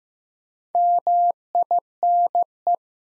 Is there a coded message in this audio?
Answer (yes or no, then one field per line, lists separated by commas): yes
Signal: Morse code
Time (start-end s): 0.7-2.8 s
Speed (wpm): 15 wpm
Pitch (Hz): 700 Hz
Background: none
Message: MINE